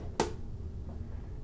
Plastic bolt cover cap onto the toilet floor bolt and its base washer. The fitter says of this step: you'll hear them click the